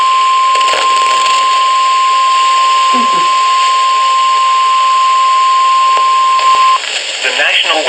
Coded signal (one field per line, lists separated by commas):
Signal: Emergency Alert System (SAME) tones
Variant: 1050 Hz attention tone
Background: speech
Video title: NOAA Radio (EAS # 631-649) Alerts From 3/9/19